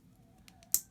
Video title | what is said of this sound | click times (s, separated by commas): How to fix the GAN X corner problem | so you hear that click and all i'm doing is i'm pushing them in | 0.7 s